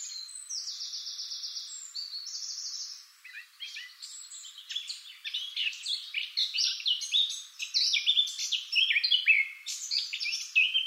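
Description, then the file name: Eurasian blackcap song opening with rapid, even series of repeated notes, then breaking into a varied, jumbled warble of chirps and twitters. "Sylvia atricapilla"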